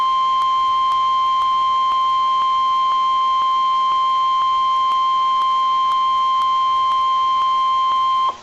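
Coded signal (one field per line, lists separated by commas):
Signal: Emergency Alert System (SAME) tones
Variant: 1050 Hz attention tone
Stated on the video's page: Severe thunderstorm watch EAS tones received from weather radio station KEC60, Milwaukee.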